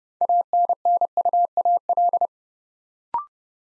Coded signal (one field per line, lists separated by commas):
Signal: Morse code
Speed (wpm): 30 wpm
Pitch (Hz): 700 Hz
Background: none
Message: ANNUAL